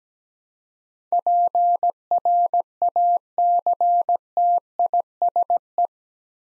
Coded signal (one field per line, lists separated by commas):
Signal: Morse code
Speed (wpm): 17 wpm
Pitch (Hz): 700 Hz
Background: none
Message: PRACTISE